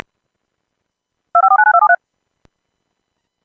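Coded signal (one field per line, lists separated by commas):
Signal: DTMF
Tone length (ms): 80 ms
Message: 2549273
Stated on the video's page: Blue Alert / weekly EAS test.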